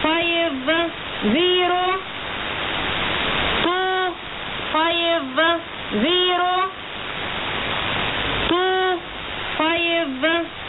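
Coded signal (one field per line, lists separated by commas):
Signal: numbers station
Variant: E25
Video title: E25 Number Station 16/08/2017 0745 UTC 6140kHz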